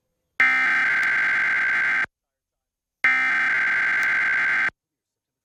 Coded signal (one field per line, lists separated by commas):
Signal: Emergency Alert System (SAME) tones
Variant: header bursts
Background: speech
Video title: (EAS #20) WCHS ABC 8 - West Virginia's Required Monthly Test (9/7/2022)